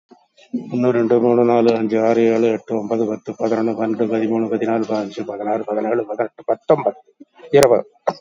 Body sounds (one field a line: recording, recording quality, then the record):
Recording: counting at a fast pace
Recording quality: excellent, no background noise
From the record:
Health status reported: COVID-19 positive, mild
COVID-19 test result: positive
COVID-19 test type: RT-PCR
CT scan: taken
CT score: 11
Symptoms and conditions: cough, cold, muscle pain, loss of smell and taste, diabetes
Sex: male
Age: 76 years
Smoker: no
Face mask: worn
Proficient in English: yes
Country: India